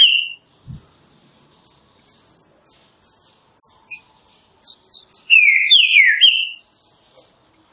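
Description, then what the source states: Green-winged saltator song: after a brief note at the start and faint high chirps, a loud whistled phrase near the end with slurred falling and rising notes. Classic song style used for training.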